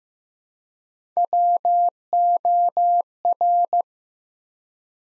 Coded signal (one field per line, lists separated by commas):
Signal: Morse code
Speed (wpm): 15 wpm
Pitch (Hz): 700 Hz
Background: none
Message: WOR